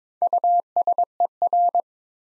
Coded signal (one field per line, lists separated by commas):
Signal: Morse code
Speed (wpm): 22 wpm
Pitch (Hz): 700 Hz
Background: none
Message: USER